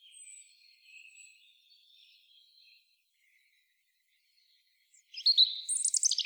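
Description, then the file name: European robin song, soft thin high warbling notes at first, then a louder burst of rapid high twittering at the end. "Erithacus rubecula"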